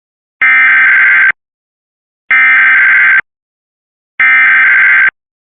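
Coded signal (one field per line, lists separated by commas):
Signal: Emergency Alert System (SAME) tones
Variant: header bursts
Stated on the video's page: Required weekly and monthly tests only.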